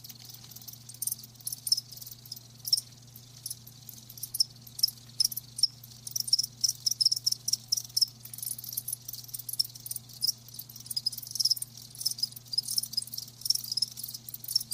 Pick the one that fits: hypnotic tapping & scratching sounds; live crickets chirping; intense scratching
live crickets chirping